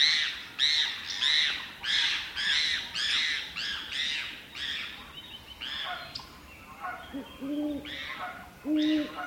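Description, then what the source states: Birds scolding with rasping, repeated mobbing calls in quick bursts, joined near the end by lower, hollow notes. Birds mobbing an owl.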